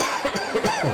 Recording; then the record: coughing mixed with background sound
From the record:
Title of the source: Dry Coughing Fit in the Afternoon.